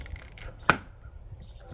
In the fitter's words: Just heard it click into place.